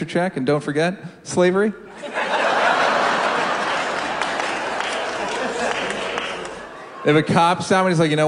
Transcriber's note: laughter